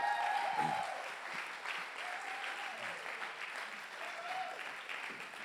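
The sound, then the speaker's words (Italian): An audience at a church gathering applauds steadily to welcome a couple who will give testimony, a dense wash of many hands clapping at a fairly even loudness throughout, with a few brief tonal whistles or cheers poking through the noise. “Ora, stasera abbiamo qualcuno che ci porterà testimonianza di quanto è bello far parte di un gruppo e noi vogliamo accoglierli con un applauso.”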